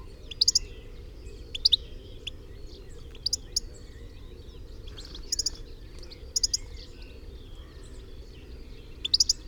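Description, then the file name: European goldfinch giving brief bright chirps in small groups, recurring every few seconds against constant low background rumble. "Carduelis carduelis"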